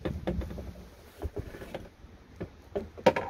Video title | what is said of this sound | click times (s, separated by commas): Top 3 Reasons Your Whirlpool Washer Is Displaying The UL Code! | this should be a little bit of a click right there | 3.1 s